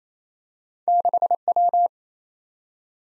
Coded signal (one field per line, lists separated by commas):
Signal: Morse code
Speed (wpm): 28 wpm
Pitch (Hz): 700 Hz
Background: none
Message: 6W